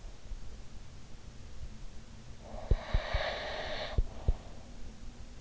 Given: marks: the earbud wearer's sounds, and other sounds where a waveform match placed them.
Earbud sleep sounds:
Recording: sounds in sleep by an in-ear microphone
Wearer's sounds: breath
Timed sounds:
2.49-4.83 s: breath

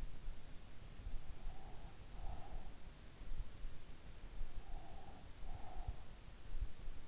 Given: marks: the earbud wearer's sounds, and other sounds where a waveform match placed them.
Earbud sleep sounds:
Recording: sounds in sleep by an in-ear microphone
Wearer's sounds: breath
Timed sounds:
0.89-2.84 s: breath
4.35-5.82 s: breath

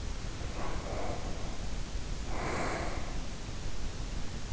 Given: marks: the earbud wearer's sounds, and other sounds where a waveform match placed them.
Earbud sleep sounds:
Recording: sounds in sleep by an in-ear microphone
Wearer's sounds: breath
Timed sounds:
0.18-3.46 s: breath

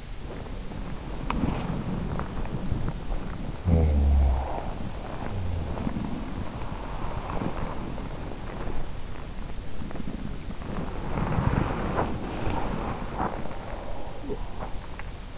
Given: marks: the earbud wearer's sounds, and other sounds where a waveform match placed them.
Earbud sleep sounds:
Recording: sounds in sleep by an in-ear microphone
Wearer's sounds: body movement, teeth grinding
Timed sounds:
0.00-15.38 s: body movement
1.01-1.59 s: teeth grinding
3.41-4.61 s: sound from someone else or the room

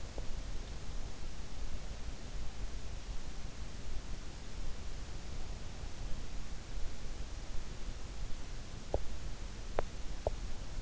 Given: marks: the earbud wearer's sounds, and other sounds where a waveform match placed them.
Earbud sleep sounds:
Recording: sounds in sleep by an in-ear microphone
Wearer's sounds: teeth grinding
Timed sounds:
0.00-0.44 s: teeth grinding
8.50-10.82 s: teeth grinding

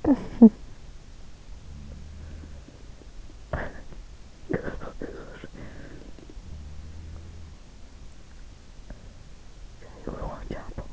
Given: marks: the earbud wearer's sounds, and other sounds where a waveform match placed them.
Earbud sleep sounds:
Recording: sounds in sleep by an in-ear microphone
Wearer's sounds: talking in sleep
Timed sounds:
0.00-0.63 s: talking in sleep
1.70-2.89 s: sound from someone else or the room
3.53-3.87 s: talking in sleep
4.50-6.26 s: talking in sleep
6.43-7.64 s: sound from someone else or the room
9.99-10.93 s: talking in sleep

